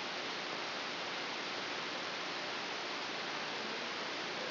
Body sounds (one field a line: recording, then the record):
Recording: brain microelectrode recording played as sound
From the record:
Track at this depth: inside the subthalamic nucleus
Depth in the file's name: 1.636 mm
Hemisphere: left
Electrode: 3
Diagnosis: Parkinson's disease